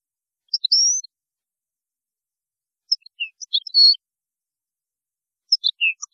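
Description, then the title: European goldfinch song: three short bursts of high, tinkling twitters and slurred notes, spaced by pauses of about two seconds, in an otherwise silent background. "Chant Chardonneret"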